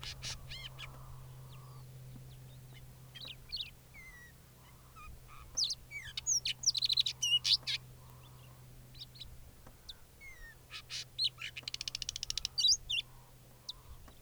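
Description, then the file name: Sabota lark song, a varied run of sharp chips, short whistles and quick rattled trills, loudest around seven and twelve seconds, over a low hum. Recorded at Halali. "Lark sabota halali"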